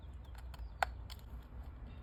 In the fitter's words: I don't know if you can hear it snap, but I did.